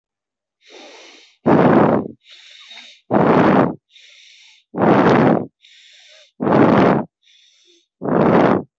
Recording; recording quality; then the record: shallow breathing; excellent, no background noise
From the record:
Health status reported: healthy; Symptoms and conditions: none ticked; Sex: male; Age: 34 years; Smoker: not ticked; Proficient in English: yes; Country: India